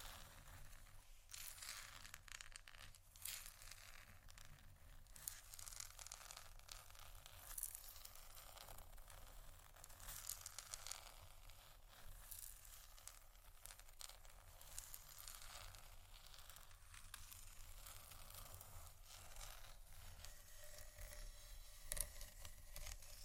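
Continuous scratching runs the full length, a dense, crackly rasp of quick irregular strokes with a crinkly, papery edge. The sound stays fairly even in loudness, with brighter bursts scattered throughout, a sharper one near 22 seconds, over a steady low hum.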